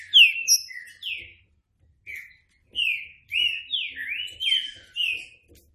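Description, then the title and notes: Green-winged saltator song: clear, loud slurred whistles in short phrases, with brief silent gaps between them. Classic song style (canto clássico); a training recording. "Canto Clássico Trinca Ferro. trinca fero"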